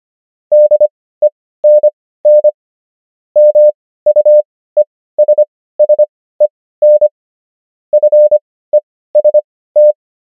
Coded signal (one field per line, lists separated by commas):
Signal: Morse code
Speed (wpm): 25 wpm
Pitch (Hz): 600 Hz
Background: none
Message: DENN MUESSEN FEST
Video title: morse Übung | 25wpm | 16fw | 500 häufigsten Wörter | DEUTSCH